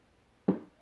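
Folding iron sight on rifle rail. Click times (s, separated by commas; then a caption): 0.5 s. A folding metal iron sight on the rail of a custom Aero Precision M5E1 rifle build is pushed back and locks into place on its detent. A single sharp click is heard at 0.5 seconds against a quiet background. The sight seats securely in its locked position.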